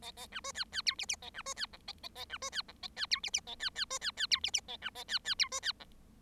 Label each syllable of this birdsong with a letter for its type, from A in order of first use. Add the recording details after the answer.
A A B C D D E F F A B C D G A A A B C D G A D E F F A D D C D D E F F A B A D D E C D G. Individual Bird7